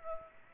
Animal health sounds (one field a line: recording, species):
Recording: mosquito wingbeat signal from an infrared sensor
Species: Culex pipiens